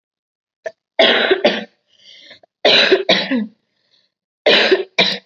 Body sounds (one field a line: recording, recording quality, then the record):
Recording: heavy voluntary cough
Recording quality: excellent, no background noise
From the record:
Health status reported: COVID-19 positive, mild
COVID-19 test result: positive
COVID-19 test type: RT-PCR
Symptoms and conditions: cough, fever, fatigue, muscle pain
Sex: female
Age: 24 years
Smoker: no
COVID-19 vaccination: both doses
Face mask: worn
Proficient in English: yes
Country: India